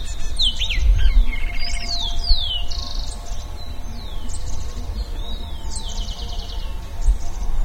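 Bird song: rapid, high, sweeping whistles and buzzy trilled phrases tumbling one after another, over a steady low rumble of background noise.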